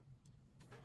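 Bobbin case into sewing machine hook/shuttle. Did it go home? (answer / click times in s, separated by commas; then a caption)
no / none. A rethreaded metal bobbin case is being put back into a sewing machine's shuttle race, with small handling noises and a brief broadband rustle around 0.6 to 0.9 seconds. The clip ends before the case goes home, so nothing has seated or clicked yet.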